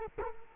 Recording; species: mosquito wingbeat signal from an infrared sensor; Culex quinquefasciatus